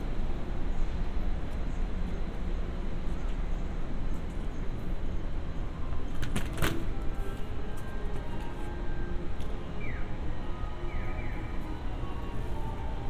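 Walking through Funabashi, a steady street roar fills the whole stretch, with low traffic rumble and dense murmur that could be voices. Around six to seven seconds a sharp clatter cuts through, and near ten and eleven seconds short rising tones sound briefly.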